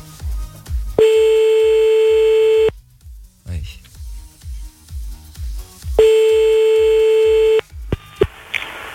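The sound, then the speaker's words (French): An odd telephone ringing tone while calling someone back: two long, steady electronic buzzes about four seconds apart, over a rapid, rhythmic low thumping, ending with a few short beeps. “C'est quoi cette sonnerie bizarre là?”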